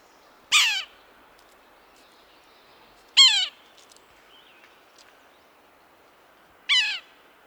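Yellow-bellied sapsucker giving harsh, nasal, down-slurred mewing calls, three in all, spaced a few seconds apart, over a faint background hiss.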